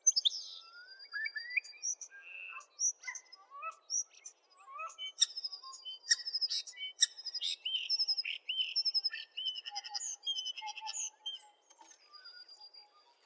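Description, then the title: Oriental magpie-robin singing a long, varied stream of clear whistles, slurred sweeps and high trilled phrases with little pause between them. "Kicau Kacer"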